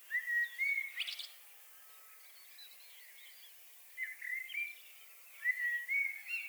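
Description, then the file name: Common blackbird song: three mellow, fluted warbling phrases, the first ending in a sharp high flourish, separated by quiet pauses. "Turdus merula"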